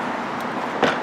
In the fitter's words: On the side right here. It just snaps back in.